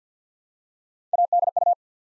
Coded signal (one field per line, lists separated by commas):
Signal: Morse code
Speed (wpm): 49 wpm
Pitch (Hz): 700 Hz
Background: none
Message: ADU